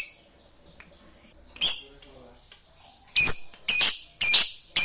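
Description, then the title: Lovebird calls: faint chirping at first, then a loud harsh call and several loud, harsh, high squawking chirps in quick succession near the end. "Suara Lovebird Ini"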